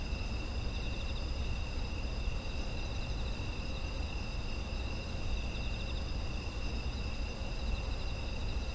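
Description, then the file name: Chirring insects keep up a dense, even drone of high trills, layered at different pitches, with low rumbling noise underneath throughout. Autumn insect ambience. "秋の虫の環境音"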